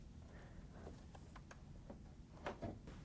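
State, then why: Seated. A GE washer's plastic control console is rotated down into the top panel until its locking tabs snap into place. A few faint taps and ticks come first, then a sharp click at 2.5 s marks the tabs locking, and the console is seated.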